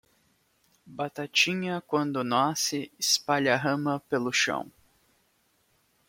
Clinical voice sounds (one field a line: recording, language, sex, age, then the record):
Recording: short text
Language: Brazilian Portuguese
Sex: male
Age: 20 to 29 years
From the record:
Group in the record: control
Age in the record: 25 years